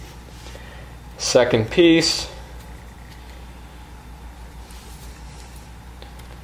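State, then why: Seated. A second laptop RAM stick is pushed down into its memory slot in a 2012 MacBook Pro during an upgrade from 4GB (2x2GB) to 8GB (2x4GB). Someone talks briefly near the start, followed by quiet handling, then a short sharp click at 6.0 s as the latches catch. The RAM module is now seated.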